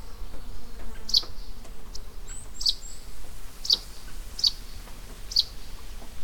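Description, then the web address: Russet sparrow song: crisp high chirps repeated roughly every second, accompanied by a faint high whistle and a low steady hiss. Recorded on 31 May 2015 at Iou-no-sato. "saezuri nyuunaisuzume 20150531 iounosato"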